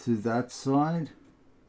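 A front-panel USB 3 cable connector is being lined up with its motherboard header while someone talks. The clip ends just before the connector goes home, so nothing has seated or clicked yet.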